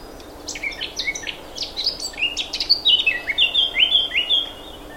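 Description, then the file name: Eurasian blackcap warbling song, a fast run of varied high chirps and clear whistled phrases rising and falling, with steady background noise. "Sylvia atricapilla"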